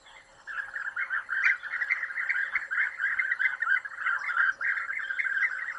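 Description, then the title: European bee-eater calls: a steady, dense chorus of trilled, purring notes, overlapping without pause throughout. "Abejaruco Europeo"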